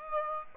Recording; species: mosquito wingbeat signal from an infrared sensor; Aedes aegypti